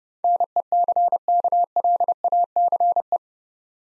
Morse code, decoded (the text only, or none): NECKLACE